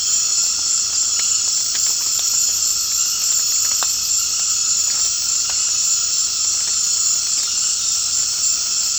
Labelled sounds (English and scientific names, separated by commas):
none